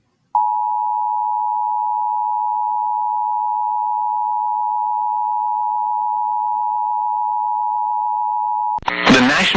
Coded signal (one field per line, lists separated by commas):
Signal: Emergency Alert System (SAME) tones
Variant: 853 and 960 Hz attention tone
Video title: EAS 44 at Thu May 08 2025 5:28:01 PM